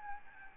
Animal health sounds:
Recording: mosquito wingbeat signal from an infrared sensor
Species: Aedes albopictus

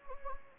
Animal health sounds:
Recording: mosquito wingbeat signal from an infrared sensor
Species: Anopheles gambiae

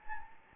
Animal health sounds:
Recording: mosquito wingbeat signal from an infrared sensor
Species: Anopheles gambiae

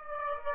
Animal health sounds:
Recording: mosquito wingbeat signal from an infrared sensor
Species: Aedes aegypti

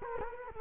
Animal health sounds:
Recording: mosquito wingbeat signal from an infrared sensor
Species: Culex quinquefasciatus

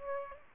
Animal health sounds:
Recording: mosquito wingbeat signal from an infrared sensor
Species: Aedes aegypti

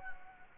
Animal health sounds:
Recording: mosquito wingbeat signal from an infrared sensor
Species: Anopheles gambiae

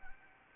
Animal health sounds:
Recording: mosquito wingbeat signal from an infrared sensor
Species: Anopheles arabiensis

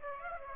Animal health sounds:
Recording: mosquito wingbeat signal from an infrared sensor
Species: Aedes aegypti

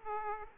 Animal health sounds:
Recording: mosquito wingbeat signal from an infrared sensor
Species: Aedes aegypti

